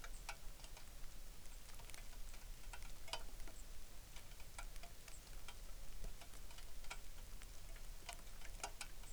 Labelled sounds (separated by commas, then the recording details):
songbird, rain
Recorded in the Arctic National Wildlife Refuge, Alaska, on 3 August 2019
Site 33